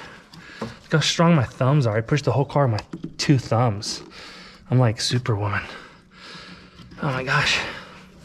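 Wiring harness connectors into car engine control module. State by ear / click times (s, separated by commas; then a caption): not seated / none. Wiring harness connectors are pushed by thumb into the PCM engine control module of a Chrysler PT Cruiser while someone talks. A faint sharp tick is heard at 0.3 s, but the connectors are only being handled and nothing has seated or clicked yet.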